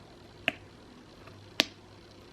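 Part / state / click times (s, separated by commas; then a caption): tote bag top closure catch / seated / 0.5 s, 1.6 s. The top closure catch of a leather Louis Vuitton Davis tote bag, likely a magnetic catch rather than a snap button, is closed by hand. Two sharp clicks are heard at 0.5 s and 1.6 s, the second one louder, over a quiet background. The closure snaps shut into place.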